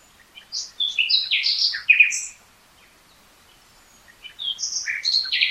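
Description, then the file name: Common nightingale song: a burst of mixed chirps and harsh notes, a short silence, then another varied phrase of whistles and buzzy notes. "Luscinia megarhynchos"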